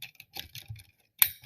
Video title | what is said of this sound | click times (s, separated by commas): Lets make the bot move! | Have to hear the click. That's one of them. | 1.2 s